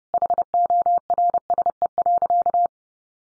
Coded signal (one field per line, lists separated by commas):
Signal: Morse code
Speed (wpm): 30 wpm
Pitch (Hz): 700 Hz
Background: none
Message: HORSE.